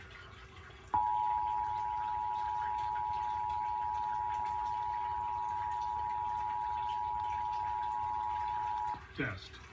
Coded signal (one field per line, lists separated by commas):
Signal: Emergency Alert System (SAME) tones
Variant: 853 and 960 Hz attention tone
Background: speech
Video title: 10/21/21 - Pennsylvania Required Monthly Test on WDPN-TV (EAS #268)